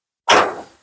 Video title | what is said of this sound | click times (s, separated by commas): Samsung Dryer Rollers And Idler Pulley Replacement. | until you hear it kind of pop. | 0.3 s